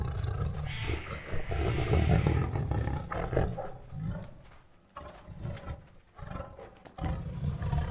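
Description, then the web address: Tiger producing rough, deep growls and moans that swell and fade in pulsing waves, with a louder roaring moan early on. Restless tiger producing growls, huffs, moans and roars. "Sound Ideas Tigers"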